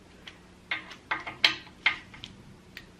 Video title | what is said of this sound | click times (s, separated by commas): Installing Water Pump - #Eclipse2GBuild | hear the click I don't know if you can and | 1.4 s